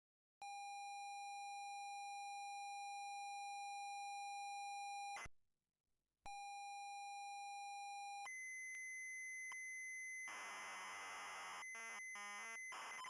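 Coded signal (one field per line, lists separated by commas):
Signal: ZX Spectrum tape loading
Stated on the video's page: Swedish ZX Spectrum software on tape, a previously unlisted missing-in-action program being preserved as TZX files.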